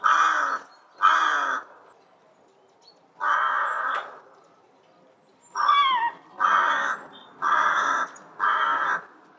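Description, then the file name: Rook calls: a series of raucous, grating caws in uneven bursts, some close together, others spaced a couple of seconds apart. "Corvus frugilegus"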